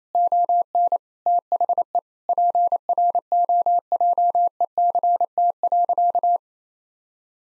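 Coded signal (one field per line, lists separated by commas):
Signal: Morse code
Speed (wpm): 27 wpm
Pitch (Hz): 700 Hz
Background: none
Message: ON THE PROJECT.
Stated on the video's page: Head-copy practice of sentences with common nine-word phrases at 28 wpm.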